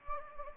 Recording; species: mosquito wingbeat signal from an infrared sensor; Anopheles gambiae